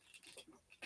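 A McFarlane Toys DC Multiverse plastic blaster accessory is handled and pressed toward the side mount of a plastic action figure or vehicle piece. Light plastic rubbing and brief taps are heard near 0.2, 0.4 and 0.7 seconds, ending in a louder burst of handling noise. Nothing has seated or snapped into place yet.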